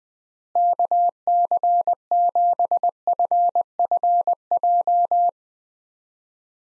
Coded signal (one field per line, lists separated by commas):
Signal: Morse code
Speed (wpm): 20 wpm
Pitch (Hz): 700 Hz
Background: none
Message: KC7FFJ